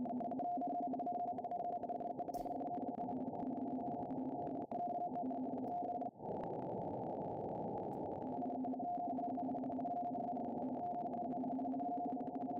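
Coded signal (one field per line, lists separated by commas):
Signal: RTTY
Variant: 50 baud, 450 Hz shift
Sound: rapid warbling between two low tones, steady teletype chatter over hiss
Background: radio static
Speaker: Pinberg Weather Facts. I lower sideband it. And let it decode.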